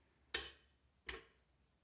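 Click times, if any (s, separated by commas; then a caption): 0.3 s. A cheap Harbor Freight 3/8 click-type torque wrench with an Allen socket tightens a bolt on a Lectric XP e-bike. It gives one sharp click at 0.3 s, followed by a softer tick at 1.1 s. The wrench has reached its torque setting.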